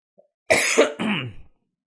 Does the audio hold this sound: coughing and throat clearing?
yes